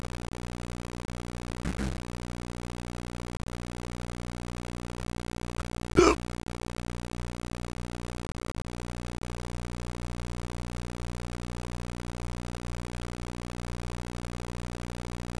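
Two brief, abrupt hiccup bursts are heard, a faint one near the start and a sharper, louder one about four seconds later. They stand out against a steady low engine-like hum that runs throughout: intermittent hiccups in an adult.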